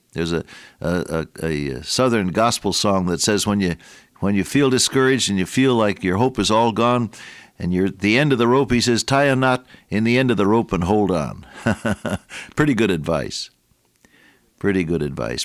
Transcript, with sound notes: There’s a Southern Gospel song that says, when you feel discouraged and you feel like your hope is all gone and you’re at the end of the rope, he says, tie a knot in the end of the rope and hold on. [chuckle] Pretty good advice, pretty good advice.